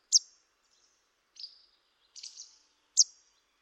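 Bird calls: four high chirps, loud at the start and end with softer, slurred notes between.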